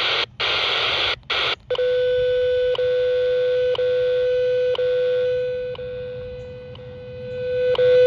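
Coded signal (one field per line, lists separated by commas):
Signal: radio time signal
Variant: WWV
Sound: hiss bursts, then a steady mid-pitch hum broken by a short tick every second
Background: radio static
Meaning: Each tick marks one second; the steady tone is WWV's 500 Hz standard tone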